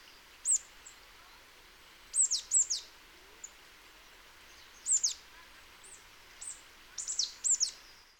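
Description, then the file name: Marsh tit calling with brief high downslurred notes, often doubled or tripled, in bursts every couple of seconds over soft background hiss. "Poecile palustris"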